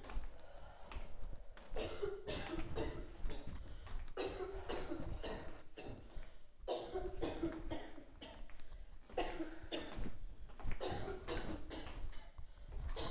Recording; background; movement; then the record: deep breathing; a bystander coughing; walking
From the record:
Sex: female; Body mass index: 18.3 kg/m2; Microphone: on the chest, facing outward